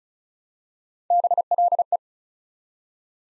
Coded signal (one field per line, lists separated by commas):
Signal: Morse code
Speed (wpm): 36 wpm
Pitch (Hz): 700 Hz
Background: none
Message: BLE